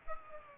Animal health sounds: mosquito wingbeat signal from an infrared sensor; Aedes aegypti

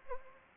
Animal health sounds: mosquito wingbeat signal from an infrared sensor; Anopheles arabiensis

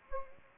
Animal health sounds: mosquito wingbeat signal from an infrared sensor; Anopheles gambiae

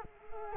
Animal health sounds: mosquito wingbeat signal from an infrared sensor; Culex quinquefasciatus

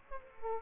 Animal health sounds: mosquito wingbeat signal from an infrared sensor; Culex quinquefasciatus

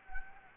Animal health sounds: mosquito wingbeat signal from an infrared sensor; Anopheles gambiae

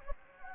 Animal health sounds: mosquito wingbeat signal from an infrared sensor; Anopheles gambiae

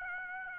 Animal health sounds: mosquito wingbeat signal from an infrared sensor; Aedes aegypti

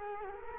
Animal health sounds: mosquito wingbeat signal from an infrared sensor; Culex quinquefasciatus

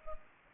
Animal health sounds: mosquito wingbeat signal from an infrared sensor; Culex pipiens

